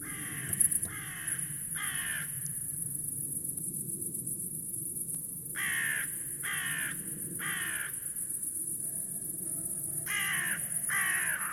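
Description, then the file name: Carrion crow giving harsh, slightly falling caws in groups: three calls, a pause, three more, another pause, then two more, with a constant high-pitched hum behind. "Corvus corone"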